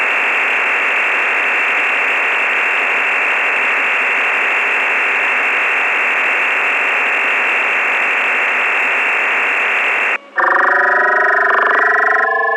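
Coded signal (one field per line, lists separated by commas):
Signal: digital SSTV (DRM)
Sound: steady broad hiss-like data roar for ten seconds, brief gap, then warbling multiple tones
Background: FM radio channel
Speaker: it will see all right I shall send it again and see where we go okay I have hopefully that that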